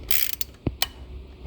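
A locking spindle nut is turned back onto a roadster wire wheel hub until its spring teeth engage, making a quick run of bright metallic ratchet clicks from about 0.1 to 0.4 s, a duller knock near 0.7 s, and a sharp, loud metal click at 0.8 s. The nut locks into place at 0.8 s, though it is not certain which single hit is the final lock.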